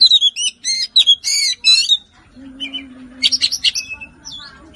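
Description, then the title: Oriental magpie-robin giving a fast series of harsh, rasping notes, then a pause and quieter scratchy chatter. "Kacer"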